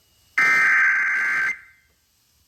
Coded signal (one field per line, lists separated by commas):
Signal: Emergency Alert System (SAME) tones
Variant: header bursts